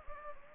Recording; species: mosquito wingbeat signal from an infrared sensor; Anopheles arabiensis